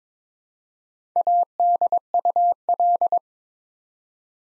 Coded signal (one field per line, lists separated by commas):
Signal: Morse code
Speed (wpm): 22 wpm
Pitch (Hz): 700 Hz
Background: none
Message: ADUL